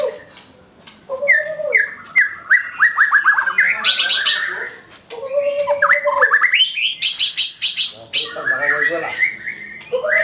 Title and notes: Suara Kicau Burung Murai Batu. burung murai buat masteran